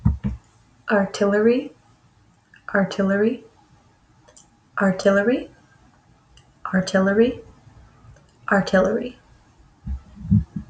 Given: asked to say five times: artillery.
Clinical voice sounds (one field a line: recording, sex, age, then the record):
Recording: repeated word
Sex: female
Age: 20 to 29 years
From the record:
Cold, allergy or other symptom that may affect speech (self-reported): no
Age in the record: 28 years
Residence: United States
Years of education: 14